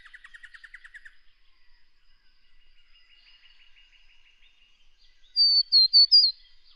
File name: Scarlet Honeyeater